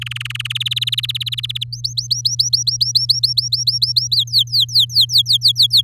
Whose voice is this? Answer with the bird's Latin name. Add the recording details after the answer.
Serinus canaria. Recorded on 8 May 2018 at 15:42. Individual llb16